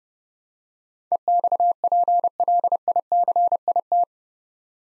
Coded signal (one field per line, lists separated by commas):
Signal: Morse code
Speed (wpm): 30 wpm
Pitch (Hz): 700 Hz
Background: none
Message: EXPLICIT